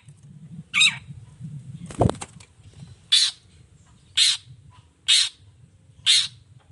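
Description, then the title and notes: Long-tailed shrike giving harsh, scratchy notes roughly once a second over low rumbling background noise, with a sharp knock partway through. Morning; vigorous 'gacor' singing with a clear voice, varied sounds and 'toet toet' notes, said to be easy for any cendet to imitate. "Cendet Gacor Dor Di Kala Pagi Toet Toet Variasi Suara. Cendet Gacor Suara Jernih Full Variasi. Burung cendet"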